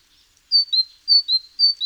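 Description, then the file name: Great tit giving three quick two-note phrases, each a high whistled note sliding down to a lower one. "Parus major"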